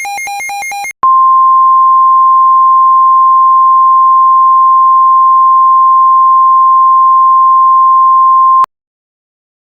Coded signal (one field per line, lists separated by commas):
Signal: Emergency Alert System (SAME) tones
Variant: 1050 Hz attention tone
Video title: EAS Scenario Spring Special - Flower Contamination